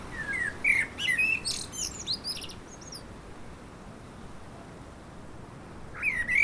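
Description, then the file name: Common blackbird gives a short fluty warble ending in high chattering squeaks, then a few seconds of quiet before a new whistled phrase begins. "Turdus merula"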